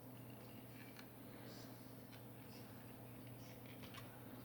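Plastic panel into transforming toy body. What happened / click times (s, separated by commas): The plastic panel snapped into place / 1.0 s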